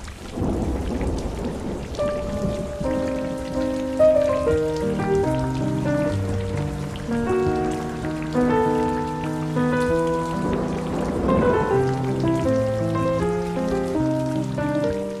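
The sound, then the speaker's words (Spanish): Steady rain patters beneath a gentle melody of sustained, layered musical notes, with a low rumble of thunder rolling in at the start and again later on. “La lluvia tiene un vago secreto de ternura.”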